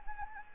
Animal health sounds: mosquito wingbeat signal from an infrared sensor; Anopheles gambiae

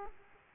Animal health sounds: mosquito wingbeat signal from an infrared sensor; Aedes aegypti

